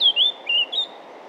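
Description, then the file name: Eurasian blackcap giving a short run of four clear, fluty whistled notes, the first falling in pitch. "Sylvia atricapilla"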